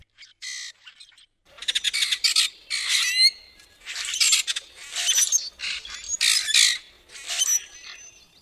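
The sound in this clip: Grackle calls: a run of harsh, crackling squawks with a few thin whistles, in several irregularly spaced bursts.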